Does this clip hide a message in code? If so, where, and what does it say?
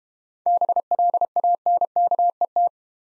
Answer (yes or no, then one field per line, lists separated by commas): yes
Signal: Morse code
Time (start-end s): 0.5-2.7 s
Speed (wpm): 32 wpm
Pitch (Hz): 700 Hz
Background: none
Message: BLANKET